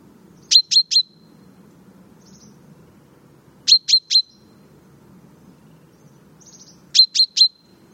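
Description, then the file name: Common chaffinch calls in bursts of three sharp, high downward strokes ending in a steady tone, repeated about every three seconds over a low rumble of background noise. "Fringilla coelebs"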